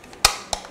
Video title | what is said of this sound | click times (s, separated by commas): 3D Hangouts – Foggy Cauldrons | then you just kind of press it down until it clicks into place there we go that way you have a nice flat | 0.2 s